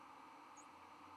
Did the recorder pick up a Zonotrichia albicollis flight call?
no